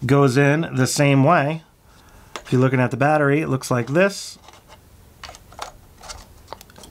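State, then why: Seated. Someone talks at first, then a rechargeable lithium-ion battery pack is pushed down into the battery slot in the bottom compartment of a Canon R50 mirrorless camera, with light handling taps around 5.2–5.6 s. It latches under the gray retaining lever with a short click at 6.5 s, and the battery is seated.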